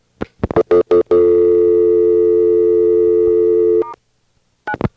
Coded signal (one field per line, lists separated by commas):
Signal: telephone call progress tone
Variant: North America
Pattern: dial tone